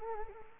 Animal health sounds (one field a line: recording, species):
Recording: mosquito wingbeat signal from an infrared sensor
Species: Anopheles gambiae